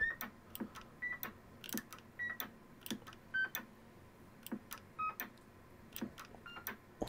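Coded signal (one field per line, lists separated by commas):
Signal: roger beep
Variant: single-tone mode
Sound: repeated clicks, each paired with one short steady beep, pitch changing between beeps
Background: switch clicks, low hum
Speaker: so as you can hear it is beeping accordingly so that's in single beep mode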